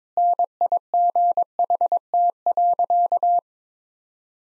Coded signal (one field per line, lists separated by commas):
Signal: Morse code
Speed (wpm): 22 wpm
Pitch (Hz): 700 Hz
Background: none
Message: NIGHT.